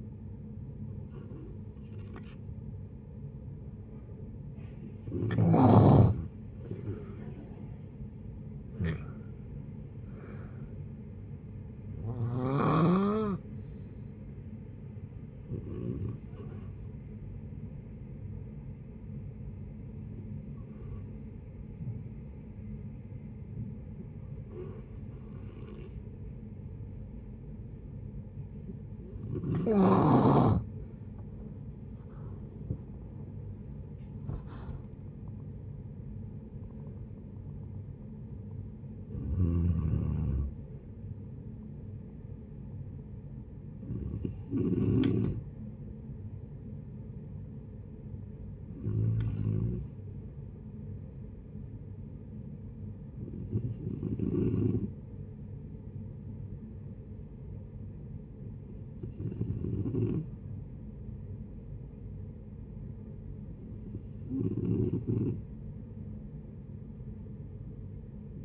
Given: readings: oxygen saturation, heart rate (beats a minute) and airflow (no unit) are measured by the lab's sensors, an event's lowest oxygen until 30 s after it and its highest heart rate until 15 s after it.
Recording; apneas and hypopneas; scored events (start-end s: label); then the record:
a person awake in a sleep study, by a smartphone at the bedside; none
0.00-68.45 s: awake
0.00-68.45 s: awake
From the record:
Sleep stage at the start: awake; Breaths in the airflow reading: 18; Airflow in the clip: -0.7 to 0.7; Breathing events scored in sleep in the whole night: 496 in 5.4 hours asleep